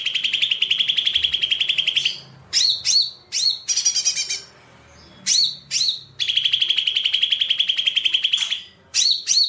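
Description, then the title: Streaked spiderhunter song: long runs of rapid, even high chips alternate with short bursts of sharp upslurred notes, repeated several times. Long, clear, vigorous singing; tutor song for training songbirds. "Pijantung Gunung Gacor Jernih Panjang"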